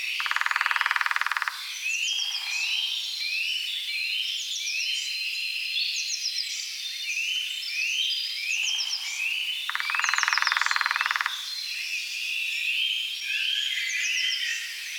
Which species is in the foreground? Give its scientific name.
Dendrocopos minor